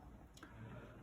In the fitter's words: you just release and it will lock into place.